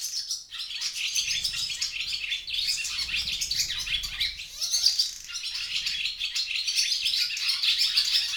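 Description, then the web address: Barn swallow twittering, an unbroken flow of fast, high, buzzy chirps, with a faint low rumble beneath it for part of the time. "ixoi Stavloxelidono"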